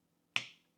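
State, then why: Seated. A tiny screw holding an NVMe SSD in a CFexpress card enclosure is pressed down and turned anti-clockwise with a screwdriver until its thread drops into the threaded hole of the enclosure board. A single sharp, bright click comes at 0.4 s and fades quickly. The click shows the threads are aligned, so the screw can then be done up without cross-threading.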